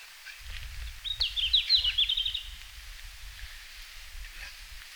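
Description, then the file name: Red-flanked bluetail delivers one rapid, slightly falling phrase of high warbled notes lasting about a second, over steady low rumbling noise. Finland, 17 June 2019, 17:00. "Robin à flancs roux-20190617-1700-Finlande"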